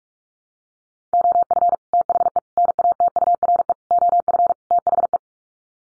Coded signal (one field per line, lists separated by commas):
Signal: Morse code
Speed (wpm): 44 wpm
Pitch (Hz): 700 Hz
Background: none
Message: OF THE NATURE OF THE